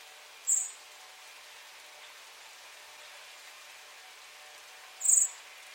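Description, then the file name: Common blackbird giving two brief, very high, thin call notes about four and a half seconds apart, over a faint steady hiss. "Turdus merula"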